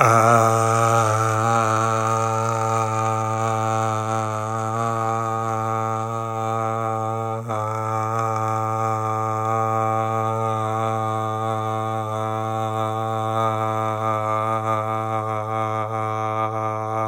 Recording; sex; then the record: sustained vowel /a/; male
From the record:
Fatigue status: fatigue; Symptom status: symptomatic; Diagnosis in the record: COVID-19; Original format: m4a